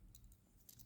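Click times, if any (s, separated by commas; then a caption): none. A Mikov Praktik 115-NH-6/BK multi-tool pocket knife has a folding tool blade being opened out of its handle, giving light metallic rattles and small ticks around 0.2, 0.3 and 0.7 seconds over a low background rumble. The tool is handled but has not yet snapped into its open position; nothing has seated or clicked yet.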